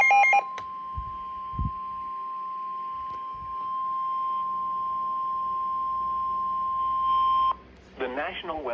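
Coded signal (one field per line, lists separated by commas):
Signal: Emergency Alert System (SAME) tones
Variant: 1050 Hz attention tone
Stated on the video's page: Severe Thunderstorm Warning SAME alert received on weather radio station KXI41.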